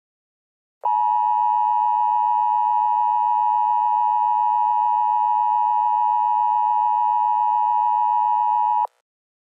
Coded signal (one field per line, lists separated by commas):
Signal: Emergency Alert System (SAME) tones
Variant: 853 and 960 Hz attention tone